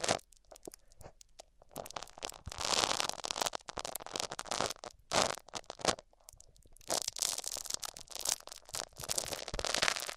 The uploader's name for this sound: Rubbing Mics On Different Surfaces